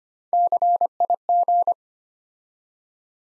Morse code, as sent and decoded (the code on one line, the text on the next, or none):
-.-. .. --.
CIG